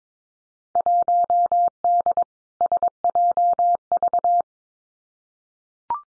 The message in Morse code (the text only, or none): 1D SJV